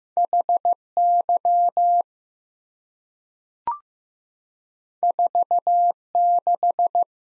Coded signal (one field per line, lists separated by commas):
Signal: Morse code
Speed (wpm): 15 wpm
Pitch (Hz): 700 Hz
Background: none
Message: HY 46